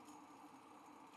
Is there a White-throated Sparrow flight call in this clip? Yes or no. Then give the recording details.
no. No flight call is heard. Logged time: 02:33 on 5 December 2014